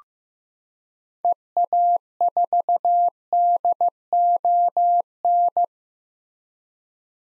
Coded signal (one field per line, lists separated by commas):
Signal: Morse code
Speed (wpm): 15 wpm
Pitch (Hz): 700 Hz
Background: none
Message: EA4DON